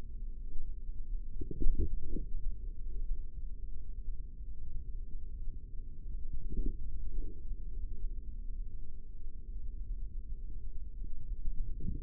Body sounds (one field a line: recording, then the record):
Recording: forearm muscle sounds (acoustic myography)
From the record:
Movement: forearm pronation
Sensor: system 3, bracelet of six PUI Audio POM-2738L microphones around the upper forearm, with dedicated amplification and filtering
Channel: 4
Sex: male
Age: 55 years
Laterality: right